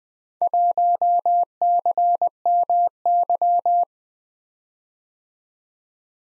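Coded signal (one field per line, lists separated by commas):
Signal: Morse code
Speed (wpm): 20 wpm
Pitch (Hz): 700 Hz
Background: none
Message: 1CMY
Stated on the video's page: Morse practice at 20 wpm: random four-character letter-number groups for head-copy, each sent, spoken, then sent again.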